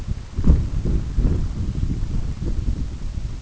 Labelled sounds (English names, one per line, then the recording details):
none
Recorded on Arctic tundra, site UTQI-5, on 25 June 2018
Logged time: 18:00